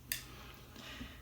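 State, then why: Seated. A plastic rear axle hub part is pressed together on the rear suspension of a Traxxas Slash 2WD Builder's Kit RC truck. A single sharp snap is heard at 0.1 s, followed by quiet low-level noise. The part seats in place.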